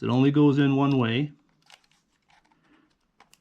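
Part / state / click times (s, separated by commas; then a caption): SD memory card into trail camera card slot / seated / 3.2 s. Someone talks, then a microSD card, which only goes in one way, is pushed into the spring-loaded SD slot at the bottom of a plastic Voopeak TC08 solar-powered WiFi trail camera, with faint scuffs along the way. It latches with a little click at 3.2 s and sits about flush, seated.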